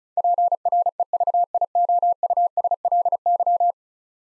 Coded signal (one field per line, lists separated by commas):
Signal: Morse code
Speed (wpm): 36 wpm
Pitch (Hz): 700 Hz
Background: none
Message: PREVIOUSLY